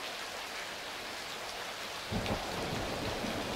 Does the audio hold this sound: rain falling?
yes